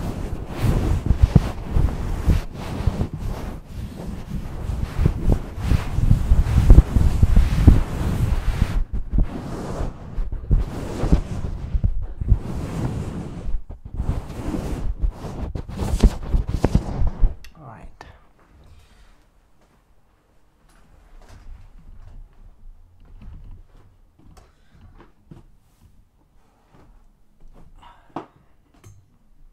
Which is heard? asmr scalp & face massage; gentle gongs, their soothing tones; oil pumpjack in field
asmr scalp & face massage